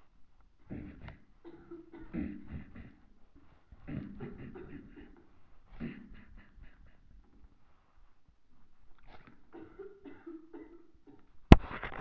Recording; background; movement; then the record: throat clearing; a bystander coughing; sitting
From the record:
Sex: male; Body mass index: 23.7 kg/m2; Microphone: on the chest, facing the body